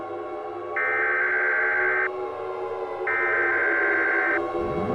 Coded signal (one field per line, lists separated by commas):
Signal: Emergency Alert System (SAME) tones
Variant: header bursts